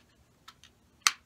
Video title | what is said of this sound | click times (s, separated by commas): NEW Boomerang and Playz V8 Combustion Engine Model Building Kit STEM Hobby Toy for Kids & Adults | and if you give it just a little bit of a push you'll hear it click | 1.1 s